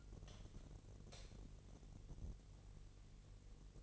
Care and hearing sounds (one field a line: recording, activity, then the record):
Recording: daily activity, microphone in the room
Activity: light on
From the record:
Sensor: 4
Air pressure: 1012.7 hPa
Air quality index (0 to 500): 247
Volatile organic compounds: 4 ppm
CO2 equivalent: 1643 ppm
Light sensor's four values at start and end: 14/32/13/13 and 16/39/16/16